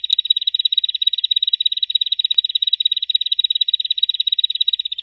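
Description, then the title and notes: Bar-winged prinia song: a brief click, then a continuous, rapid, metallic ticking trill held at one high pitch throughout. Song style called ngebren, used as a tutor recording for training white-rumped shama. "Suara burung ciblek - Suara Nada"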